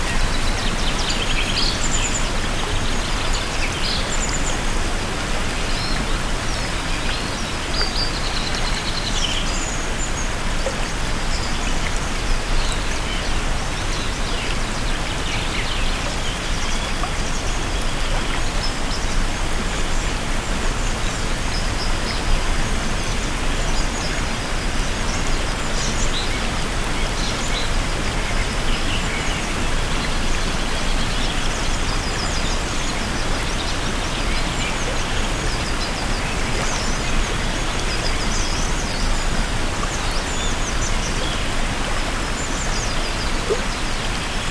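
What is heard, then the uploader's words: Steady spring rain falls throughout, a dense, even hiss of drops with no pauses or swells over the whole stretch. Faint patter on surfaces is heard, and small bright chirps, likely birds, sound now and then in the upper register. APRIL SHOWERS • Natural Noise Blocker.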